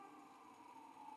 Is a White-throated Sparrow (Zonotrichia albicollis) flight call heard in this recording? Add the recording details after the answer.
no. No flight call is heard. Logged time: 08:41 on 5 December 2014